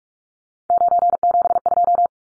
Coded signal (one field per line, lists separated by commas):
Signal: Morse code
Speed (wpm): 44 wpm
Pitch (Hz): 700 Hz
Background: none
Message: 972